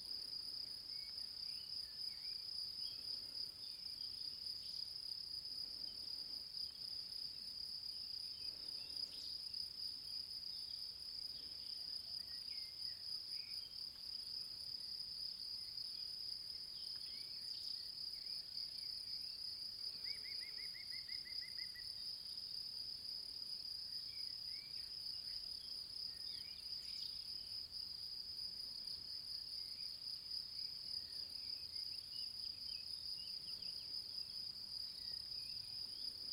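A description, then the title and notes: Crickets chirp in a dense, unbroken high trill that holds steady for the whole stretch, with a fainter, even higher shimmer above it. Around twenty seconds a bird gives a short, quick chirp, and a soft low rumble sits underneath. Hills of La Llera. Ambient sound recorded along del Norte, the northern coastal route of the Camino de Santiago network of pilgrimage paths converging in Spain. These tiny meditations are made with binaural microphones, creating an immersive hyper-realistic listening experience.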